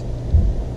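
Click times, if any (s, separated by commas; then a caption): none. A hold-down tool compresses the hold-down spring and retainer on a rear drum brake shoe, over the backing plate pin of a 1998 F150. There is a steady low rumble that swells briefly around 0.3–0.5 seconds. Nothing has seated or clicked yet.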